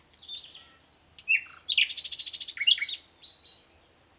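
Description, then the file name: Common nightingale song: a short burst of high, varied chirps and a brief buzzy rattle, ending quietly. "Luscinia megarhynchos"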